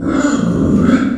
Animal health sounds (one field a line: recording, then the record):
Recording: squeal of a Yucatan mini pig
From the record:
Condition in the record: after surgery on the right vocal fold (resection and tissue-engineered implant)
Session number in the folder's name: 5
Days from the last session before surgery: 33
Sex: female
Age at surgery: 19 weeks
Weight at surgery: 25 kg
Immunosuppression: prednisolone